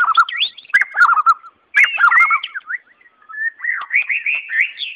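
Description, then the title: White-rumped shama song of clear, fluty whistled notes, some repeated in quick runs, ending in a rising series of sweet warbles. Natural song in forest. "Kicau Asli Murai Batu Hutan"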